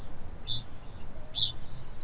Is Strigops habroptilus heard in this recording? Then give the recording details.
yes. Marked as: faintness 2/5. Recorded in New Zealand. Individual Stumpy